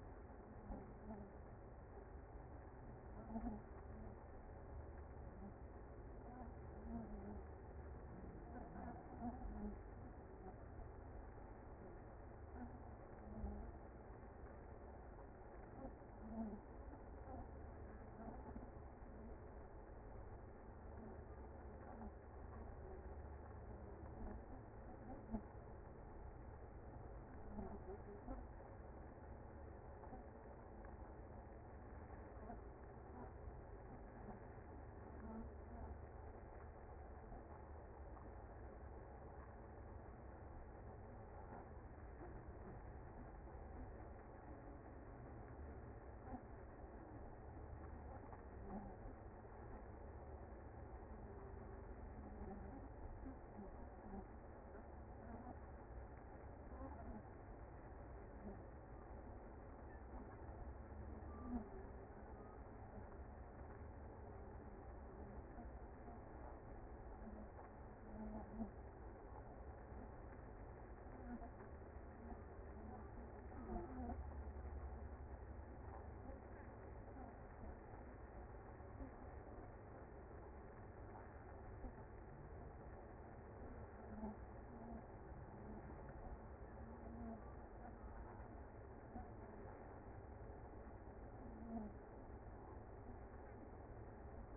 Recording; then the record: honeybee colony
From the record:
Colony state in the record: active